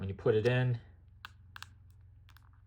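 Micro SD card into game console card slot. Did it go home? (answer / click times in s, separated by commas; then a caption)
yes / 1.2 s, 1.6 s. Someone talks briefly, then a 2 TB SanDisk micro SD card is pushed with a fingernail into the spring-loaded card slot of a Nintendo Switch handheld game console. Sharp clicks at 1.3 s and 1.6 s are followed by fainter ticks around 2.3–2.5 s. The card latches and is seated in the slot.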